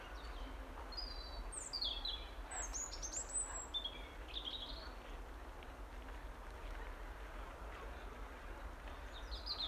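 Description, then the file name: European robin song: thin, high warbled phrases, some falling and some trilled, in short bursts through the first half and again at the end, over steady low rumble. "Erithacus rubecula"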